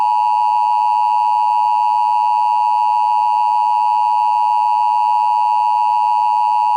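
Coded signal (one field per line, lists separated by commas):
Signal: Emergency Alert System (SAME) tones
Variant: 853 and 960 Hz attention tone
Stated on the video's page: Mock Los Angeles County Required Monthly Test with no voice, only static.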